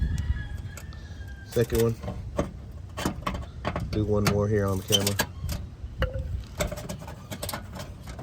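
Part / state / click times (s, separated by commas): plastic push clip in car engine undertray / released / 6.0 s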